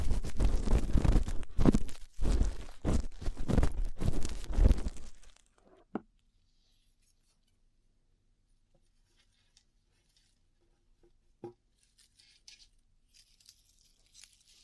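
Rough ear cleaning gives loud, dense scratching and rubbing for five seconds, then near silence broken by a few soft clicks and rustles.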